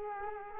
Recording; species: mosquito wingbeat signal from an infrared sensor; Culex quinquefasciatus